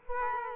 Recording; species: mosquito wingbeat signal from an infrared sensor; Culex quinquefasciatus